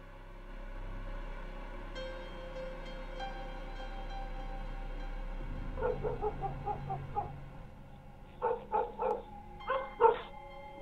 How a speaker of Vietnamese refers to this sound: Có tiếng chó cắn ma nhấm nhẳng vang lên trong đêm.